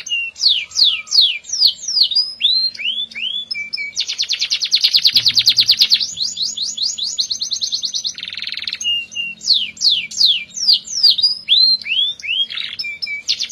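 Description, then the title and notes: Atlantic canary singing a long varied song: repeated descending whistled notes, a loud rapid rattling roll, a harsh buzzy burst, then more quick slurred whistles. F1 canary; recording meant as therapy to get a canary that has stopped singing to sing again. "TERAPI KENARI MACET. Kenari F1"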